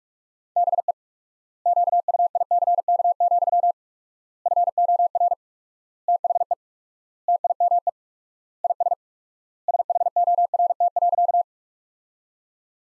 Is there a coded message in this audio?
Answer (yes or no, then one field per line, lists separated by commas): yes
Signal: Morse code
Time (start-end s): 0.6-11.4 s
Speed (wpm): 46 wpm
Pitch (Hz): 700 Hz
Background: none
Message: BE QUICK, FOR THE TIME IS SHORT.